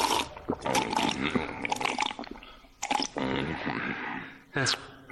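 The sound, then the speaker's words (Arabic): Water is poured and drunk to swallow a pill: water splashes and gurgles in several wet bursts, followed by squishy swallowing gulps, with indistinct voices murmuring underneath throughout. “ايوه حبايه قمح، تبلعها بشويه ميه.”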